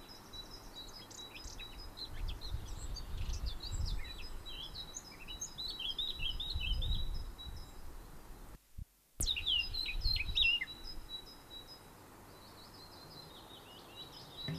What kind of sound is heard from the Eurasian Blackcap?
song